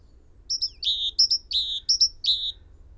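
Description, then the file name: Great tit song, a quick series of high two-part phrases, a short note dropping to a lower note, repeated several times. "Parus major"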